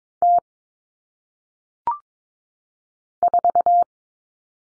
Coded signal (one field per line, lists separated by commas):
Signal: Morse code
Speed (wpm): 22 wpm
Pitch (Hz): 700 Hz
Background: none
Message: T 4